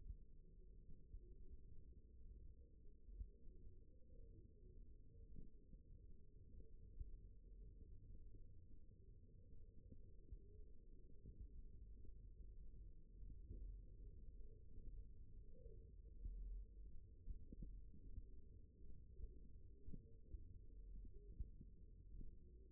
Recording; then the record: forearm muscle sounds (acoustic myography)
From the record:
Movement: finger pinch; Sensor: system 1, eight BSWA MPA416 microphones around the upper forearm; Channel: 4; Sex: female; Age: 21 years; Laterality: right